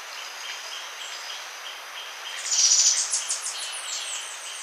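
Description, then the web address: Montane woodcreeper song: a quick burst of thin, very high notes over a steady background hiss. Ecuador. "Birds of Ecuador. Montane Woodcreeper"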